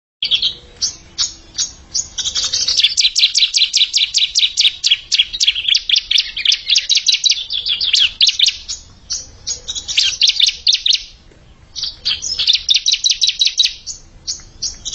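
Bar-winged prinia singing a long, fast, even trill of high chirped notes, briefly pausing near the end before resuming the rapid series.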